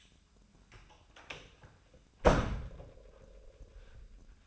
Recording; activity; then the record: daily activity, microphone in the room; close door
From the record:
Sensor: 2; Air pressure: 1004.8 hPa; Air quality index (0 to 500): 66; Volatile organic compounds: 1 ppm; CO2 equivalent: 781 ppm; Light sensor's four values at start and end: 7/18/7/7 and 7/18/7/7